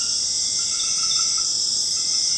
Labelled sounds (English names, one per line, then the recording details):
none
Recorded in secondary vegetation near Puerto Asís, Putumayo, Colombia, on 12 March 2025 at 21:30
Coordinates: 0.485, -76.322
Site G040